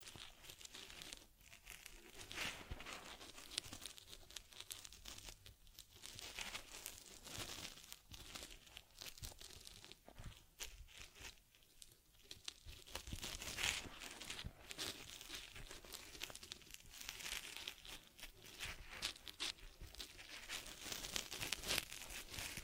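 Care of a teddy bear, with close brushing and rubbing across its fur throughout. Dense, crinkly scratching comes in uneven strokes, some bursts brighter and sharper, a few quick snips or clicks near 14 and 22 seconds, and faint speech-like murmurs underneath.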